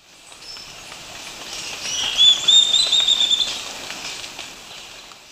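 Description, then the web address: Barred becard calling: a thin, high, rapid trill of closely packed notes lasting just over a second, over soft steady hiss. Recorded in Ecuador. "Birds of Ecuador. Barred Becard"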